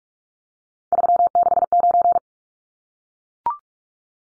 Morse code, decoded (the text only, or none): 369